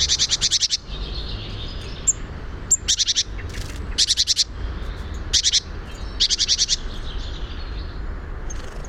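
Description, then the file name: Great tit giving rapid churring rattles in short uneven bursts, some clipped and brief, while faint high chips and a low hum sound behind. "Parus major"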